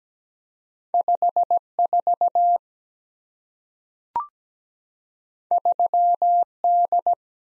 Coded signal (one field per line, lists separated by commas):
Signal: Morse code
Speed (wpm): 17 wpm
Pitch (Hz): 700 Hz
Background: none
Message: 5 4 3 D